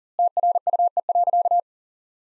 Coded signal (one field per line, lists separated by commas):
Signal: Morse code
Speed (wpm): 40 wpm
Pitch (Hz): 700 Hz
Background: none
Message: TRUE.